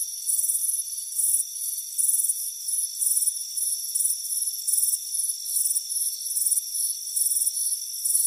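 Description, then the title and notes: Shrill cricket chirping comes in quick bursts, roughly three a second, layered over a continuous high insect drone. Crickets chirping on a warm afternoon at a front porch. "Soothing Crickets Chirping Sound. It's a warm afternoon as you relax in a hammock on the front porch. Relax and fall asleep to the soothing sound of chirping crickets. Deep Sleep Sounds"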